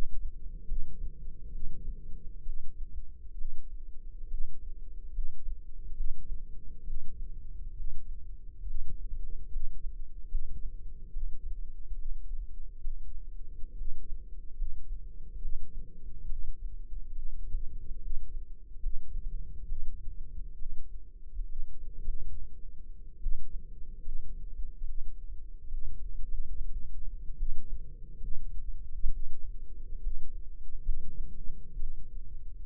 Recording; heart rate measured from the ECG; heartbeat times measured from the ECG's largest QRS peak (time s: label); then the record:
heart sounds by microphone in the left ear; 69 bpm
0.65 s: heartbeat
1.49 s: heartbeat
2.42 s: heartbeat
3.34 s: heartbeat
4.26 s: heartbeat
5.10 s: heartbeat
5.93 s: heartbeat
6.83 s: heartbeat
7.73 s: heartbeat
8.63 s: heartbeat
9.48 s: heartbeat
10.27 s: heartbeat
11.10 s: heartbeat
11.94 s: heartbeat
12.79 s: heartbeat
13.74 s: heartbeat
14.54 s: heartbeat
15.38 s: heartbeat
16.25 s: heartbeat
17.11 s: heartbeat
17.98 s: heartbeat
18.79 s: heartbeat
19.65 s: heartbeat
20.55 s: heartbeat
21.45 s: heartbeat
21.99 s: heartbeat
23.19 s: heartbeat
24.01 s: heartbeat
24.84 s: heartbeat
25.66 s: heartbeat
26.24 s: heartbeat
27.35 s: heartbeat
28.16 s: heartbeat
29.09 s: heartbeat
29.99 s: heartbeat
30.81 s: heartbeat
31.76 s: heartbeat
From the record:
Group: healthy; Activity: rest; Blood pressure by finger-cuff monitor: 149/87 mmHg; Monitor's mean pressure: 105 mmHg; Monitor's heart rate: 70 bpm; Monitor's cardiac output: 6.2 L/min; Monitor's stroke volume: 88 mL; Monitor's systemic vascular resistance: 1260 dyn s/cm5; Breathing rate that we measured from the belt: 14 breaths a minute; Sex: female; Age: 22 years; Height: 171 cm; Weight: 65.6 kg